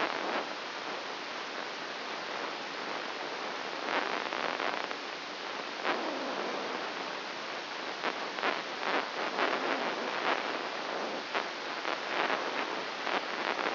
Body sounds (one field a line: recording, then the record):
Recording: brain microelectrode recording played as sound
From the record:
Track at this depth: inside the subthalamic nucleus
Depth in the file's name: 1.956 mm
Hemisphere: left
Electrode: 1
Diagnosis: Parkinson's disease